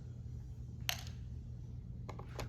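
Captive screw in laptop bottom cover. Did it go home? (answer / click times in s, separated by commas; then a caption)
released / 0.9 s, 2.1 s, 2.2 s, 2.4 s. A metal captive screw is unscrewed from the bottom cover of a Lenovo Yoga 11e Gen 5 laptop, over a steady low hum. Once it is fully backed out of its thread it gives a sharp click at 0.9 s, then lighter clicks at 2.1, 2.2 and 2.4 s, which show the screw is loose and released.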